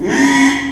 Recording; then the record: squeal of a Yucatan mini pig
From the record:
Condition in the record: after surgery on the right vocal fold (resection and tissue-engineered implant); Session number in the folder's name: 4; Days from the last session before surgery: 42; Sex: male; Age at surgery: 12 weeks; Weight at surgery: 13 kg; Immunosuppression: cyclosporine, prednisolone